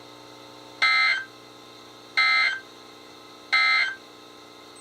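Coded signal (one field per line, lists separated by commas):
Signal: Emergency Alert System (SAME) tones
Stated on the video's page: Marine warnings from NOAA weather radio transmitters on 162.550 and 162.450 MHz, received on multiple weather radios.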